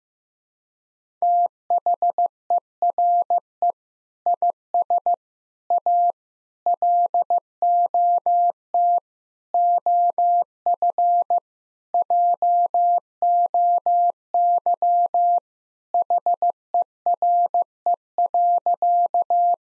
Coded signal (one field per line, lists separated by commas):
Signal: Morse code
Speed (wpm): 16 wpm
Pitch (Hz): 700 Hz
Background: none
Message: THERE IS A LOT OF JOY HERE.